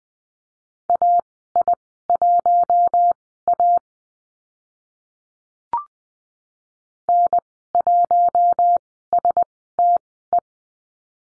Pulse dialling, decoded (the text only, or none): none